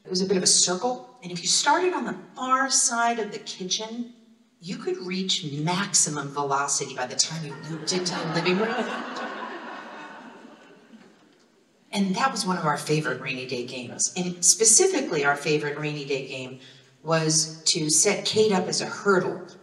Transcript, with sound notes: It was a bit of a circle, and if you started on the far side of the kitchen, you could reach maximum velocity by the time you moved into the living room. (laughter) And that was one of one of our favorite rainy day games. And specifically our favorite rainy day game was to set Kate up as a hurdle